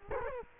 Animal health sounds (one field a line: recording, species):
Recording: mosquito wingbeat signal from an infrared sensor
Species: Culex quinquefasciatus